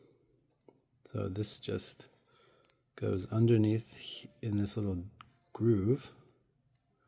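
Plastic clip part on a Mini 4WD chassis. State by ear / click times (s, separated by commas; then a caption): seated / 6.8 s. A plastic clip part on a Mini 4WD chassis is slid under a small groove and pressed down while someone talks. It clamps down with a small click at 6.7 s, and the part is seated.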